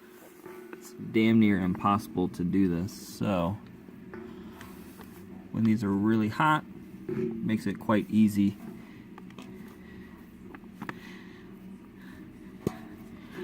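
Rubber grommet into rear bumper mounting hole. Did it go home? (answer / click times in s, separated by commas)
yes / 10.9 s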